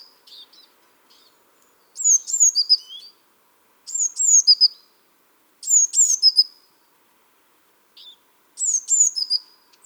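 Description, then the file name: Eurasian blue tit calls, high and thin, in tight bursts of several quick falling notes that recur about every two seconds. "Cyanistes caeruleus"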